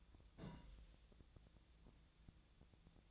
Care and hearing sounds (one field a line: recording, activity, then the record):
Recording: daily activity, microphone in the room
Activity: place on stove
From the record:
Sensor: 3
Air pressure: 1009.9 hPa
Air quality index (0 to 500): 189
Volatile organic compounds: 14 ppm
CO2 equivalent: 2460 ppm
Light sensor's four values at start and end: 41/103/44/47 and 41/103/44/47